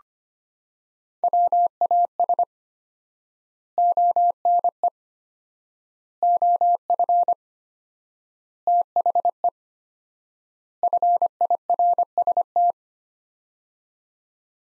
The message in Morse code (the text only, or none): WAS ONE OF THE FIRST